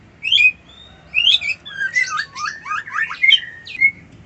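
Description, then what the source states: White-eye song: quick high whistled phrases with twittering slurred notes and chirps, rising and falling in rapid bursts. Song style called ngerol ngalas.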